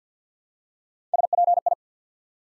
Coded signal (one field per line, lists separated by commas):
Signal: Morse code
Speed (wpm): 50 wpm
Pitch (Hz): 700 Hz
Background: none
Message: SPI